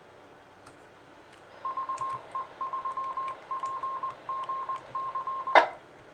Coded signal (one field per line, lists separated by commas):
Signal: Morse code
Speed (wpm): 20 wpm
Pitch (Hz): 1060 Hz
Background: none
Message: VE3PGC